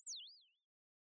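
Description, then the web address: Bird chirp: a single thin, high whistled note that slides down, rises again and wavers before fading, lasting about half a second, with silence after. "Sound of a bird"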